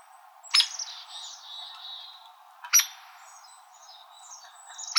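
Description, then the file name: Hairy woodpecker calls: three sharp, explosive peek notes at uneven intervals, with soft high twittering from other birds between them. Calls recorded in Arizona. "HAWO CALLS 2 deviche"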